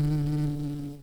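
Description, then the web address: Red-tailed bumblebee giving a low, steady buzz with many overtones that fades away toward the end. Queen bumblebees. "Lapidarius queens"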